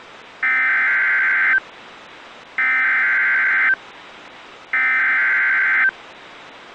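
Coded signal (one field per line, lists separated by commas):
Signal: Emergency Alert System (SAME) tones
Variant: header bursts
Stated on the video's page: Mock recreation of a winter storm warning from NOAA Weather Radio transmitter WXL37.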